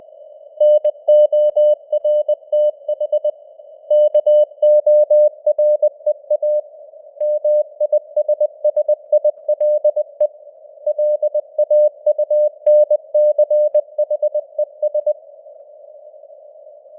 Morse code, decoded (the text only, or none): NORTH KOREA MISSILE LAUNCHES